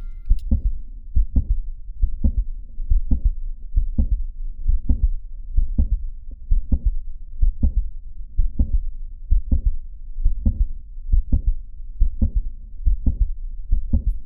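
Adult heart by stethoscope at the apex, patient lying on the back: a loud mid-systolic click followed by a soft, non-musical late systolic murmur of mitral valve prolapse. The click can be taken for the second heart sound and the second sound for a third, so the whole pattern may be misread as a ventricular gallop rhythm.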